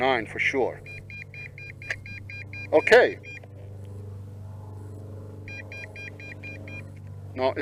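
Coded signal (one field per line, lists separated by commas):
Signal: none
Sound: a drone's warning beeps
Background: speech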